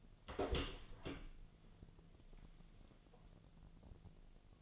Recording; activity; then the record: daily activity, microphone in the room; open door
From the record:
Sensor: 4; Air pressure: 1001.3 hPa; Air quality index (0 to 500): 184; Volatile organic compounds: 2 ppm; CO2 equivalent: 1312 ppm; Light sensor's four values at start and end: 16/37/15/16 and 14/33/13/14